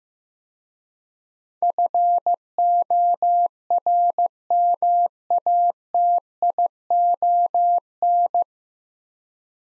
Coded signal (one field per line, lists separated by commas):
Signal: Morse code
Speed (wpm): 15 wpm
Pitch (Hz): 700 Hz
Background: none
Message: FORMATION